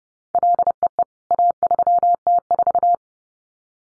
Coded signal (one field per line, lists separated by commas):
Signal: Morse code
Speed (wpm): 30 wpm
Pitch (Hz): 700 Hz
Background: none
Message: LEE A3T4